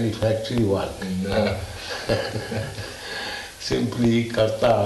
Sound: laughs

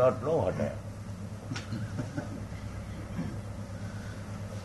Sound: laughs

